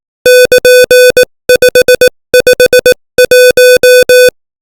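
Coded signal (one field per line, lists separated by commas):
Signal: Morse code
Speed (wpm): 18 wpm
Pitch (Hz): 500 Hz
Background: music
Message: <KN>551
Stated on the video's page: Morse code lesson text sent at 18 wpm.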